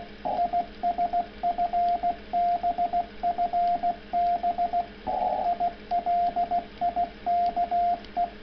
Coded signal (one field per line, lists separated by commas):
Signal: Morse code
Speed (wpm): 16 wpm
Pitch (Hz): 690 Hz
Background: radio noise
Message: IS FB FB I LIKE